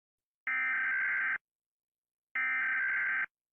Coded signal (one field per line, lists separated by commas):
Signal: Emergency Alert System (SAME) tones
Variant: header bursts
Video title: Rating eas alarm part 1